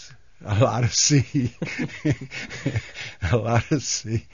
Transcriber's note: he laughs